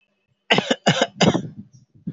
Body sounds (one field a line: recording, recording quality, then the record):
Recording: shallow voluntary cough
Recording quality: excellent, no background noise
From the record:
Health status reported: healthy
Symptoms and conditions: hypertension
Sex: male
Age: 49 years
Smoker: not ticked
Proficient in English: yes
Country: India